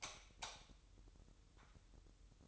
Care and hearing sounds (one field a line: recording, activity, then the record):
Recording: daily activity, microphone in the room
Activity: light off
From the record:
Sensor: 3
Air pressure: 988.3 hPa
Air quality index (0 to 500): 189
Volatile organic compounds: 248 ppm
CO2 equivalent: 4355 ppm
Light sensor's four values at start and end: 11/29/12/12 and 8/20/8/8